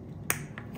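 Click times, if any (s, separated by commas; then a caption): 0.3 s. An electronic shifting wire plug, held on a plug tool, is pressed into the port of a Shimano Dura-Ace ST-R9180 brake shifter being installed on a TriRig Alpha basebar. A sharp click at 0.3 s shows the plug has seated, followed by a fainter tick around 0.6 s over low background hum.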